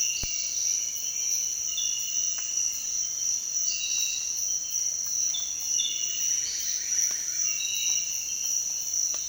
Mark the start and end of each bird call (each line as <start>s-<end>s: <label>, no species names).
6.16s-7.51s: bird call